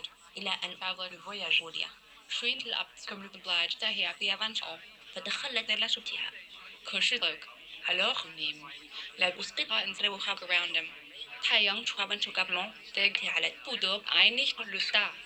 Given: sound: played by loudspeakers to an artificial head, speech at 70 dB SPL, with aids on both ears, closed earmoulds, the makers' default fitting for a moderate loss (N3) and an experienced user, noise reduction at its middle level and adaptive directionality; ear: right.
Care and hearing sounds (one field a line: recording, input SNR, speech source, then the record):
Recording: speech test signal (ISTS) in cocktail-party noise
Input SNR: +9 dB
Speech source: on the right (90 degrees)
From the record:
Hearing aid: class 1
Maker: I